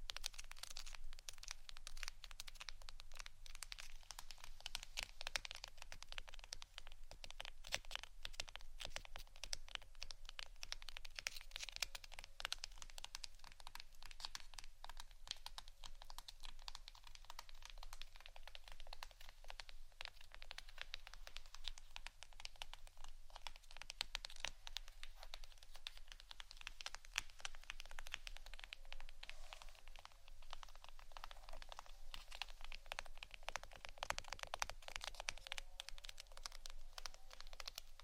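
Intense scratching runs without pause for the whole clip, a dense mass of fast, irregular scrapes and clicks that sounds much like rapid typing or crinkling. It stays bright and crisp, with little low end beyond a faint steady hum underneath.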